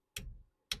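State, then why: Torque reached. A click-type torque wrench set to 20 ft-lb is used to double-check the top brake caliper bolt. Two sharp clicks sound at 0.2 s and 0.7 s, each followed by a brief low-frequency rumble. The wrench clicks at its setting, confirming the bolt is torqued to 20 ft-lb.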